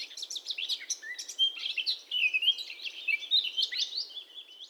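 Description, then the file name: Eurasian blackcap singing a continuous rich warble of quick chattering notes mixed with clear whistled phrases, unbroken throughout. "Sylvia atricapilla"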